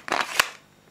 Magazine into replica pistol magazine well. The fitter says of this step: je l'ai bien mis. Il n'y a pas ce clic franc qui, sur d'autres répliques, nous permettent de bien comprendre qu'on a bien enclenché.